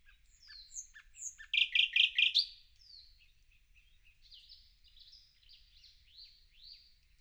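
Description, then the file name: Common nightingale song: quick high notes leading into a loud rapid rattle of repeated units, then a string of soft slurred whistles. "Luscinia megarhynchos"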